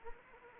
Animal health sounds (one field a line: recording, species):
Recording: mosquito wingbeat signal from an infrared sensor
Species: Anopheles arabiensis